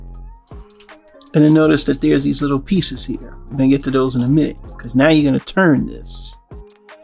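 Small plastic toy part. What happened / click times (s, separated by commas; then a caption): The plastic part is being handled but has not snapped into place yet / none. Someone talks over steady background music while handling a plastic Transformers Legacy 2022 Walmart Voyager figure (Cybertron Override vs. Galaxy Force Nitro Convoy), with a few faint handling taps as the legs are unfurled. A section is being turned toward the point where it folds into its locked position, but nothing has snapped or seated yet by the end of the clip.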